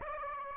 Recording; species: mosquito wingbeat signal from an infrared sensor; Aedes aegypti